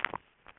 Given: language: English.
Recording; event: throat vibration sensor signal played as sound; swallow